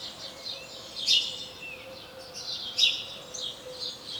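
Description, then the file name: House sparrow giving two sharp chirps nearly two seconds apart, with quieter chattering notes and a faint background hum throughout. "Passer domesticus"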